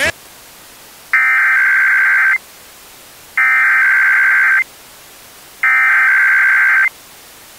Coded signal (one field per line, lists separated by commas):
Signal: Emergency Alert System (SAME) tones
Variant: header bursts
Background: speech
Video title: Pacific IPAWS Weekly EAS Test (5/22/23) (EAS #1,323)